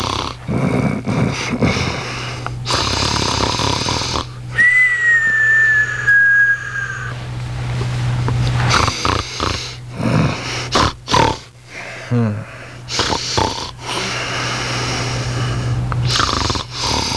Snoring.